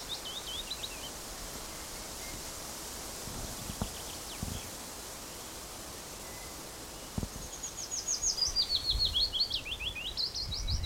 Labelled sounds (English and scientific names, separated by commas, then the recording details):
Willow Warbler (Phylloscopus trochilus)
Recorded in the wild
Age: adult
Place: Summt, Brandenburg, DE
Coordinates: 52.693, 13.362
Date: 1992-06-14 14:45
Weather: heiter, ca. 23°C
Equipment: Nagra SN, Mikrofon AKG CK 8, Kopie Tesla B 116
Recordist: Tembrock, Günter